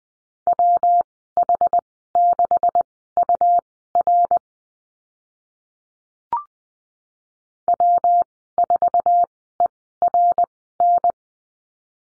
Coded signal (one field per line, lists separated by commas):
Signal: Morse code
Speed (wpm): 20 wpm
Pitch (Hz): 700 Hz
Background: none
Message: WH6UR W4ERN